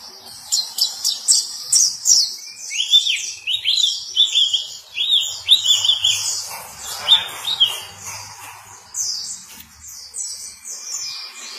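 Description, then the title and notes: White-eye song: high twittering mixed with a run of lower, sweeter slurred whistles, then more rapid chirps. Sweet long song. "Kicau Burung Pleci ampuh. suara burung pleci merdu panjan"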